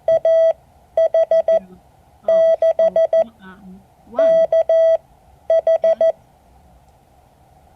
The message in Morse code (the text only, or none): AH6KH